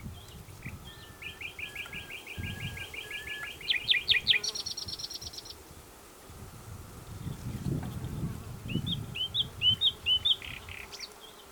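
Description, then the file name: Common nightingale song: a long series of evenly repeated notes speeding into a loud, high rattle, then a pause and a few slurred whistled notes, with low rumble throughout. "Luscinia megarhynchos"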